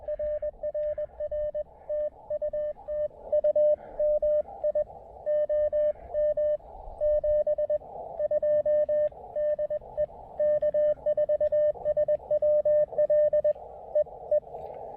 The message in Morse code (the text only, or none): RRR TU TU MI OM 72 DE K4SWL EE